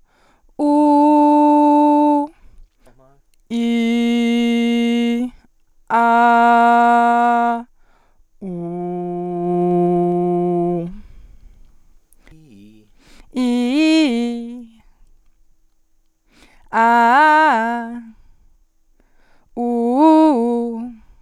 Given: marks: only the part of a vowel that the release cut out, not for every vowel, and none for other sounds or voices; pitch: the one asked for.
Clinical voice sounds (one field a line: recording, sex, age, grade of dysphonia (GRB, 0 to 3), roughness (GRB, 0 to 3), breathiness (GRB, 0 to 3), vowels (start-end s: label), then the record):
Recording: sustained vowels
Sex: female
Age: 20 to 29 years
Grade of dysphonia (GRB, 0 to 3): 0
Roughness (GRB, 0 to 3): 0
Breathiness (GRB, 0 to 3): 0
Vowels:
0.75-2.07 s: vowel /u/, high pitch
3.65-5.05 s: vowel /i/, low pitch
6.31-7.45 s: vowel /a/, low pitch
9.36-10.66 s: vowel /u/, low pitch
13.44-14.40 s: vowel /i/, low-high-low pitch
16.84-17.79 s: vowel /a/, low-high-low pitch
19.67-20.66 s: vowel /u/, low-high-low pitch
From the record:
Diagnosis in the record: healthy voice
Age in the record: 23 years